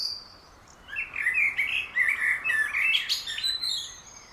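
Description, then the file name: Common blackbird song: one long warbled phrase of mellow notes with high squeaky twitters mixed in. "Turdus merula"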